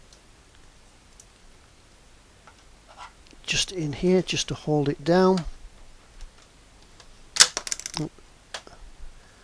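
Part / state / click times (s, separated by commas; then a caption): plastic upper hull part into model tank lower hull / seated / 8.5 s. A plastic upper hull part is pushed down into its location on the lower hull of a Trumpeter 1/16 Pz.Kpfw.IV Ausf H German medium tank model while someone talks. A cluster of sharp plastic clicks and rattles comes at about 7.4–7.9 s, then a short, sharp click at 8.5 s as the part seats and is located.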